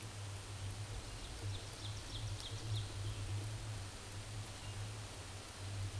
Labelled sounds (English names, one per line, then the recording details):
Ovenbird song
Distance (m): 95 m
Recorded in a Pennsylvania forest on 17 May 2023 at 14:04
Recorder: AudioMoth, point grid1_31_low
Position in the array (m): 211 m, 26 m